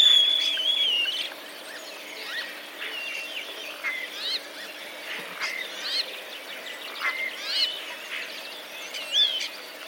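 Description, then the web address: Common starling song: a rambling mix of whistled slurs, short chirps and chattering notes at a fast, irregular pace, opening with a longer clear whistle. Starlings mimicking sparrow calls ('sparrow borrowings'), recorded 10 April 2023. "wroblowe zapozyczenia szpaki 10 04 2023"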